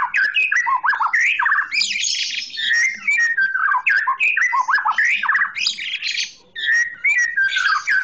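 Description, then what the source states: Oriental magpie-robin pouring out a dense, continuous song of loud warbles, whistled slurs and harsher rasping notes, nearly without a break. Chirping song.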